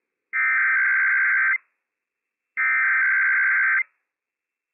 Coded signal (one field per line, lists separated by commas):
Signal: Emergency Alert System (SAME) tones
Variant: header bursts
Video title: IPAWS Required Weekly Test - WWF56 - EAS #161 - 11:00 AM PDT 8/23/21